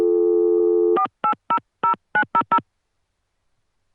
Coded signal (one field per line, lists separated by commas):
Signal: DTMF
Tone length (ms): 90 ms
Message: 4800900